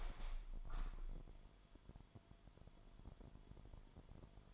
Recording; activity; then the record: daily activity, microphone in the room; open window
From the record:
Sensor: 5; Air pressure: 998.2 hPa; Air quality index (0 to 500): 93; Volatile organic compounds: 2 ppm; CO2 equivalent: 1060 ppm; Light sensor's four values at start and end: 22/52/22/24 and 22/53/22/24